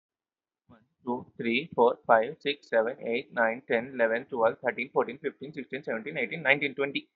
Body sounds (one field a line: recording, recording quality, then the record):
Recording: counting at a fast pace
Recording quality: excellent, no background noise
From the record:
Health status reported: healthy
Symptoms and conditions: none ticked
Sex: male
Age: 26 years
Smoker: not ticked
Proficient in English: yes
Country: India